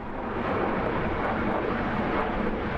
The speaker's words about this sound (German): Ein Passagierflugzeug über Mainz im Landeanflug auf den Flughafen Frankfurt am Main. Minütlich donnern die Maschinen in geringer Höhe über die Stadt.